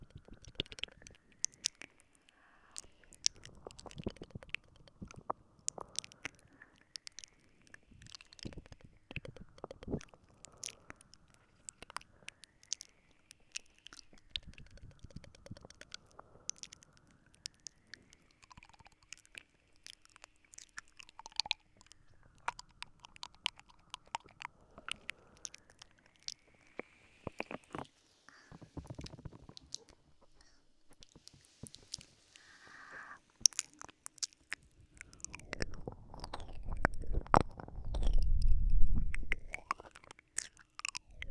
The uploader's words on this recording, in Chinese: 温柔慢节奏口腔音，吹吹，略略略（asmr助眠）。